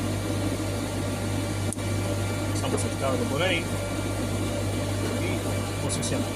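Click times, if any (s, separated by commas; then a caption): none. A new backup battery's cable is routed through the battery holder of a FANUC CNC machining center before the battery is positioned, while someone talks over a steady low hum. A single brief sharp handling tap sounds at about 1.7 s, and nothing has seated or clicked yet.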